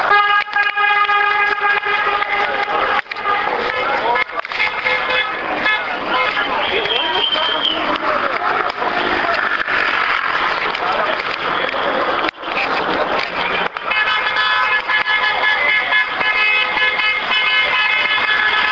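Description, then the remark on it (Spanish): Continuous loud car horns blare and overlap in sustained, steady tones as vehicles pass along Marín street in Santiago, Chile, during a street movement's march, with a dense wash of traffic and crowd noise underneath. “Pasan, tocan sus bocinas en señal de aprobación de lo que es el movimiento, o que por aquí por la avenida Marín, por la calle Marín.”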